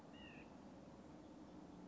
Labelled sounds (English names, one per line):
White-breasted Nuthatch